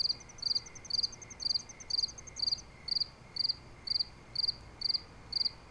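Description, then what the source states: Crickets chirping in steady pulsed trills about twice a second, with a higher, faster insect ticking above and a low background hiss. Crickets chirping alongside other insects.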